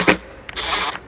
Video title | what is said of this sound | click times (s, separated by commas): 2021+ - Model S Viento Side Skirts Real Molded Carbon Fiber | And once you hear it click, | 0.5 s